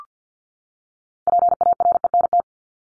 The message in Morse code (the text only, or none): PARENT